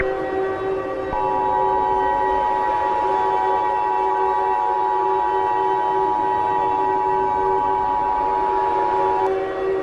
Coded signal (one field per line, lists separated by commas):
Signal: Emergency Alert System (SAME) tones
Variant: 853 and 960 Hz attention tone